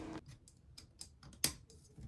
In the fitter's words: Once you hear it snap in, go ahead and check it just to verify that all of it is inside of the groove.